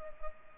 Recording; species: mosquito wingbeat signal from an infrared sensor; Culex pipiens